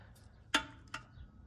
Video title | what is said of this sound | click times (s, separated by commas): Oil Change Jeep JK 2012 (3.6L Pentastar) | you hear that click that's what you want to hear all right so now that that is sealed up let's | 0.6 s